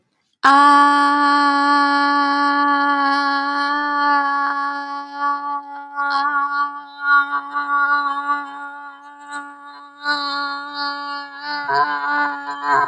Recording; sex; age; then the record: vowel held as long as possible; female; 30 to 39 years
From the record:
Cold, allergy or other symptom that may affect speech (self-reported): no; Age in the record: 31 years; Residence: New York, United States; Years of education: 18